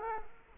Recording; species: mosquito wingbeat signal from an infrared sensor; Culex quinquefasciatus